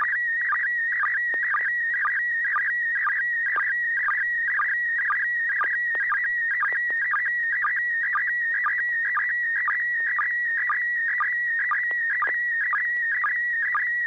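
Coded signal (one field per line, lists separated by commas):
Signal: SSTV (slow-scan television)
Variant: PD120 mode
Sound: continuous warbling whistle around 2 kHz with a rhythmic low chirp about twice a second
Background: low hum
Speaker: PD 120 um here's an image of my sound card and cabling setup that I'm using to transmit on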